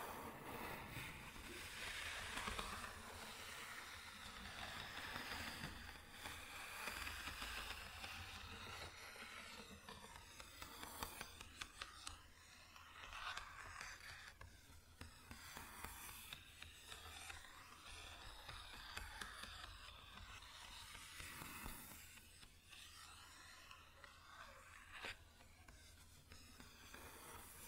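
Tapping and scratching on a wooden surface, with dense, irregular scraping that fills most of the 28 seconds. Sharper taps and louder scratches stand out around 6, 11, 16 and 21 seconds over a steady low rumble underneath.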